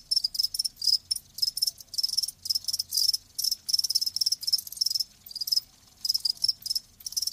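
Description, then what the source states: Crickets chirping in high, shrill pulsed bursts with short gaps between them. Live crickets chirping, a lulling song.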